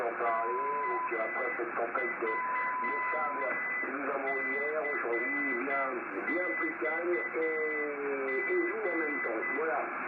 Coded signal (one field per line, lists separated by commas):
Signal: Morse code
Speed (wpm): 8 wpm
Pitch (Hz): 2000 Hz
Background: speech, radio noise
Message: EA3CXG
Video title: QSO des aînés 🧓 anime par HB3YMM et F4DZG 16/3/2022